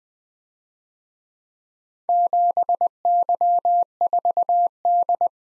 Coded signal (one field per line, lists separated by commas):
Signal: Morse code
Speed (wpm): 20 wpm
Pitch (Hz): 700 Hz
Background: none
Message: 7Y4D